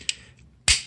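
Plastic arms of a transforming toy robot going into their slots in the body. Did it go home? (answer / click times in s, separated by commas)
yes / 0.7 s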